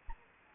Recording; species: mosquito wingbeat signal from an infrared sensor; Anopheles arabiensis